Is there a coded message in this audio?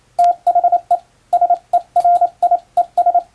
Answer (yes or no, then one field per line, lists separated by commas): yes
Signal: Morse code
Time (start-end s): 0.2-3.2 s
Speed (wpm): 28 wpm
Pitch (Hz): 700 Hz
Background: radio noise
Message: THE SERIES